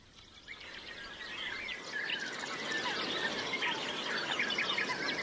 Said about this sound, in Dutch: Maar er zingt van alles hier bij een prachtig vogelmeertje. Ja, de geluiden hier. Zo mooi.